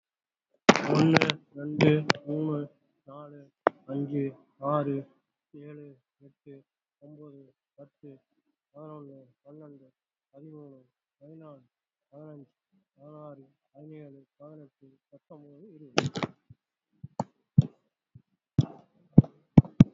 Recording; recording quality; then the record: counting at a fast pace; moderate, slight background noise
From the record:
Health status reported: COVID-19 positive, mild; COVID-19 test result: positive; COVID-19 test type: RT-PCR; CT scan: not taken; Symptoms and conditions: cough, cold, fever, muscle pain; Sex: male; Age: 62 years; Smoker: no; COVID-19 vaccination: both doses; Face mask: worn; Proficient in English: yes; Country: India